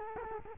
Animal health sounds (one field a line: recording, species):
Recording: mosquito wingbeat signal from an infrared sensor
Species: Culex quinquefasciatus